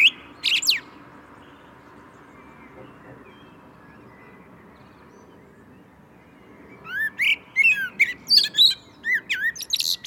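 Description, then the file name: Common blackbird: a short, shrill squeaky burst, then a long stretch of low background noise, then a lively phrase of high twitters and slurred whistles. "Turdus merula"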